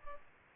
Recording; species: mosquito wingbeat signal from an infrared sensor; Culex pipiens